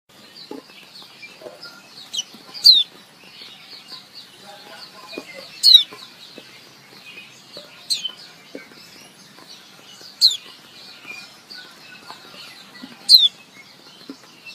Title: Suara Pleci Betina Memanggil Jantan agar Gacor - Suara Pleci Betina untuk Terapi. Leyden Fugle